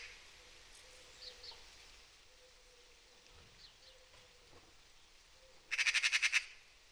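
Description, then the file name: Eurasian magpie rattle near the end, a quick burst of harsh repeated notes, after a few faint chirps. "Pica pica"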